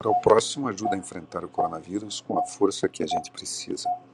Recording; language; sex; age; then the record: spoken sentence; Brazilian Portuguese; male; 60 to 69 years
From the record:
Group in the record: control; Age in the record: 65 years